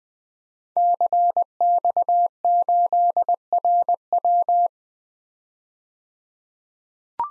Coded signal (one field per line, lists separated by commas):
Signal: Morse code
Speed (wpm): 20 wpm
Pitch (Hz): 700 Hz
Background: none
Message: CX8RW